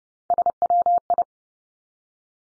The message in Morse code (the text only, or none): SWI